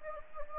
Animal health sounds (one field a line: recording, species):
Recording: mosquito wingbeat signal from an infrared sensor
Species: Anopheles gambiae